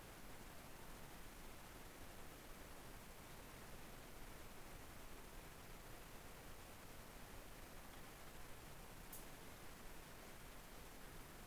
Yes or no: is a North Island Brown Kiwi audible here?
no